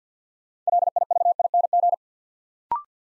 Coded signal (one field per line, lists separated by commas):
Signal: Morse code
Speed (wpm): 50 wpm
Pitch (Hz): 700 Hz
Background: none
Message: LIVING